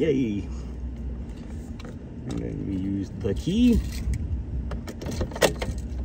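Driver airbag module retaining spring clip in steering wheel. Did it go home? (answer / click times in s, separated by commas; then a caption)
yes / 5.4 s. A key is pushed against the spring clip behind a Volkswagen steering wheel to release the driver airbag module, with jangling keys and someone talking. As the wheel is turned, the spring clip snaps back at 5.4 s with a sharp click, unintentionally re-latching the airbag module into the wheel.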